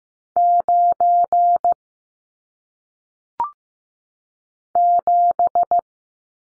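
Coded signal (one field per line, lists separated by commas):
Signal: Morse code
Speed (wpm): 15 wpm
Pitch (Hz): 700 Hz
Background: none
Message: 9 7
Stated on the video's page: Morse practice of single-digit numbers at 15 wpm, each sent, then spoken, then sent again.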